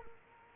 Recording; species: mosquito wingbeat signal from an infrared sensor; Culex quinquefasciatus